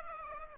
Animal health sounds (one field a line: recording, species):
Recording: mosquito wingbeat signal from an infrared sensor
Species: Aedes aegypti